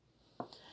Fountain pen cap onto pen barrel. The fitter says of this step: you can hear a snap of the cap going on and